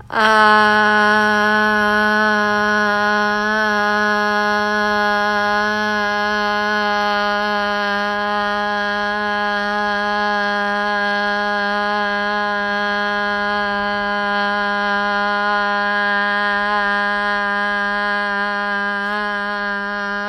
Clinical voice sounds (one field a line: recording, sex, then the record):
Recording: sustained vowel /a/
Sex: female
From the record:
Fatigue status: no fatigue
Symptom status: asymptomatic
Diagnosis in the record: COVID-19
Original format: m4a